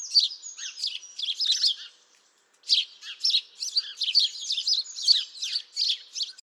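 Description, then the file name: House sparrow chirps: a run of loud chirps, a short pause, then steady chirping to the end. "Passer domesticus"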